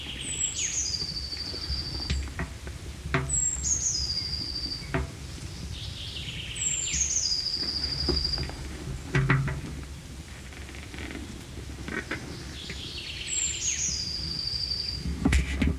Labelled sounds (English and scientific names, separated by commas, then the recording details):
Eurasian Blue Tit (Cyanistes caeruleus) song
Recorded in the wild
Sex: male
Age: adult
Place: Lauterbach/Goor, Insel Rügen, Mecklenburg-Vorpommern, DE
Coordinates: 54.3428, 13.5133
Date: 1979-06-23 12:11
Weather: overcast, 18°C
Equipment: ITT Schaub-Lorenz Studio Recorder 72, Verstärker, MD 421 HL, Reflektor, Kopie Uher 4200 Report
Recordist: Tembrock, Günter